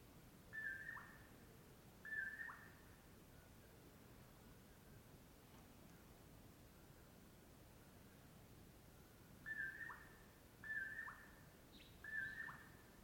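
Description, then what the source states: Common Poorwill whistling its mellow phrase twice, falling quiet for several seconds, then repeating it three more times. Mellow "poor-will-low" at dawn, camped off Brewton Road near Colockum Pass; crepuscular nightjar.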